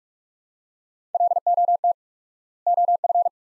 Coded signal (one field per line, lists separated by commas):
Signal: Morse code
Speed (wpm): 44 wpm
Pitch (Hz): 700 Hz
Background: none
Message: LOT OF